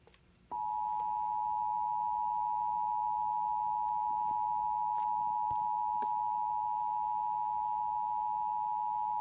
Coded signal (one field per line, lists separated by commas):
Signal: Emergency Alert System (SAME) tones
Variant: 853 and 960 Hz attention tone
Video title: [EAS #57] - Required Monthly Test